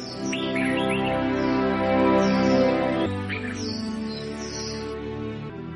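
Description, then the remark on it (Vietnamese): Birds chirp in the foliage outside a window, quick high tweets coming in scattered bursts over a steady, dense low hum that changes tone partway through. “Anh thức dậy trong những âm thanh quen thuộc của chim chóc trên tán lá ngay ngoài cửa sổ.”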